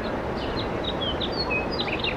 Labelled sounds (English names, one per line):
House Finch song